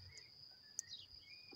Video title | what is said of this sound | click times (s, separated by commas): Alfa Roméo Giulietta 2.0 JTDM puissance économie ! boitier additionnel Italianspeed ! | Voilà, et là c'est clipsé. | 0.8 s